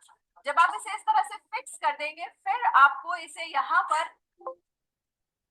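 A plastic blender jar is handled and brought toward a blender motor base to be attached, while someone talks throughout. Nothing has seated or clicked yet; the clip ends before the jar goes home on the base.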